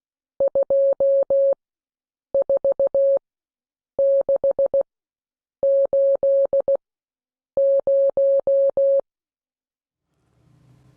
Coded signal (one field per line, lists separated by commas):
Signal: Morse code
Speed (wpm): 16 wpm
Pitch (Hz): 550 Hz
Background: none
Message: 24680